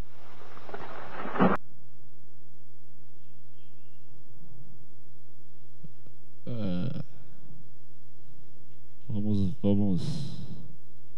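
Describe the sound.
A brief wash of thunderstorm noise in Brazil, rushing rain with a low thunderous rumble, cuts off abruptly after a second or so. A quiet hum follows, then two short bursts of talking.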